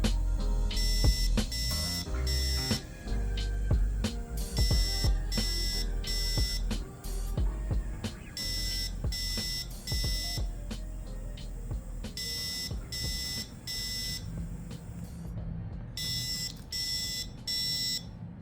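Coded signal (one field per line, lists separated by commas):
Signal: alarm pattern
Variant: temporal-3 evacuation tone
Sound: shrill buzzer beeps in repeating groups of three, a steady whistle tone, and clicks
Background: background music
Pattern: temporal three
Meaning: Temporal-3 signals fire evacuation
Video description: Code 3 tone fire alarm buzzer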